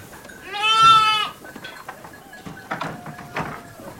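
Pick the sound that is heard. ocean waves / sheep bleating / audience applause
sheep bleating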